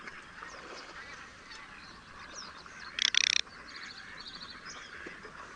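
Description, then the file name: Garganey giving a single short, dry rattling burst of rapid clicks, with faint chirping birds throughout the background. "cyranka"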